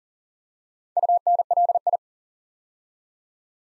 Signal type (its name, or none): Morse code